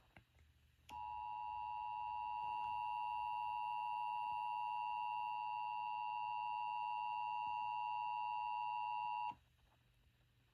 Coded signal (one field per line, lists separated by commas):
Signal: Emergency Alert System (SAME) tones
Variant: 853 and 960 Hz attention tone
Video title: A BDN EAS Scenario | The MD20 Glitch Part IV: Impact